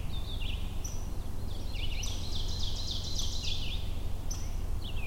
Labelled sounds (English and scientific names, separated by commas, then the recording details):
Ovenbird (Seiurus aurocapilla) song
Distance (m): 90 m
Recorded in boreal forest in Alberta, Canada, on 22 June 2016 at 08:30
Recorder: SongMeter 3, array SBT-6-76
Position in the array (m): 307 m, 74 m
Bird 1